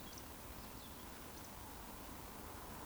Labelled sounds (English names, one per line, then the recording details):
Eurasian Woodcock whistle
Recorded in Baden-Württemberg, Germany, on 12 June 2020 at 20:23 UTC
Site 14569, 102 m above sea level